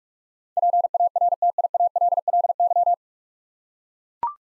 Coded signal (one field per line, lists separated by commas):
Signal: Morse code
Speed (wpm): 44 wpm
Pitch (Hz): 700 Hz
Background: none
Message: PARTIALLY